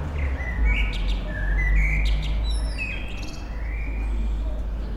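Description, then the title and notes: Common blackbird singing mellow, fluted whistled phrases with thin high twittering, over a steady low rumble. Evening song in Bonn old town, May 2003. "bonn altstadt, amsel - abendstimmung, mai 2003. Amsel am Abend, Bonn 2003. by maik johannsen"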